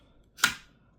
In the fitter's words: If you push it back, you'll hear it snap in place.